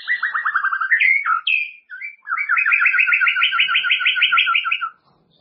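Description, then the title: White-rumped shama song: a fast run of slurred notes, brief whistled flourishes, then a long, even series of rapid chattering notes. "murai batu"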